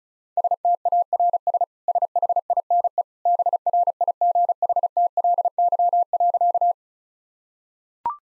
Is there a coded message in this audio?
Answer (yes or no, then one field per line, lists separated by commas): yes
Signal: Morse code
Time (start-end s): 0.4-6.7 s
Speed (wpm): 34 wpm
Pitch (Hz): 700 Hz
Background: none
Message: STARS SHINE BRIGHTLY.